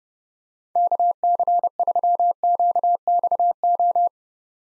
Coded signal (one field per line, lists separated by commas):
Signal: Morse code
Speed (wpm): 32 wpm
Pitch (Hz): 700 Hz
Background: none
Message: KC3QXO